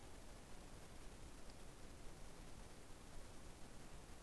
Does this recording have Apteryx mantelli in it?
no